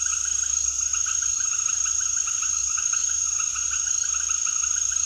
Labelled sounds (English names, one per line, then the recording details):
none
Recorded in secondary vegetation near Puerto Asís, Putumayo, Colombia, on 18 February 2024 at 18:30
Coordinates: 0.500, -76.326
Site G6428